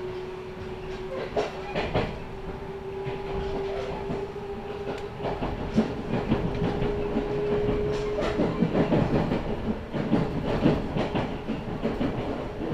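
A local train on the Chuo West Line, heading from Nagoya toward Kozoji, rolls along with a steady low rumble. A held tone runs through most of it, while irregular knocks and rattles from the wheels and cars grow busier after about eight seconds.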